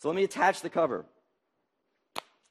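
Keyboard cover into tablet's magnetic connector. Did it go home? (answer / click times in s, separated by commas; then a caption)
yes / 2.2 s. Someone talks, and then a keyboard cover is attached to a Microsoft Surface tablet's magnetic connector. A single sharp click sounds at 2.2 s as the cover seats solidly in place.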